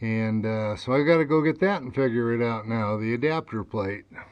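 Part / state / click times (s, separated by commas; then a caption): camera adapter plate onto RV backup camera mount / not seated / none. A plastic adapter plate for a wireless backup camera is being readied to press onto the existing camera mount on an RV trailer. A man talks throughout, with no handling sounds heard. The clip ends before the plate goes on, so nothing has seated or clicked yet.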